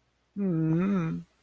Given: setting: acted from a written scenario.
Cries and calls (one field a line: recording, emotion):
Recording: vocal sound without words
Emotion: sadness